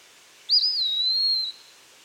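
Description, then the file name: Eastern wood pewee calling once, a pure whistled note with a brief wobble at the start, then a long, gently falling slur. "Contopus virens - Eastern Wood Pewee"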